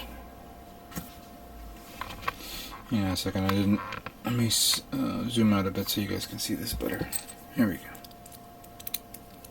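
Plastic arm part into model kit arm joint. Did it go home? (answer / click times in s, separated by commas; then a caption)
no / none. A plastic arm part of an HG 1/144 Trans Am Arios Gundam model kit is handled near its arm joint while someone talks, with a few sharp plastic ticks and taps around 2.0, 2.3 and 8.9–9.2 seconds. The part has not been pushed home yet, and nothing has seated or clicked.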